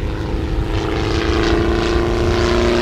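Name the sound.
propeller airplane engine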